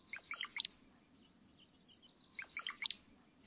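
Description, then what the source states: Brown-headed cowbird singing twice: each song is a run of low gurgling notes ending in thin, high notes, the two songs about two seconds apart. Adult male singing; young cowbirds raised by foster species imprint on this song, probably at about two years old.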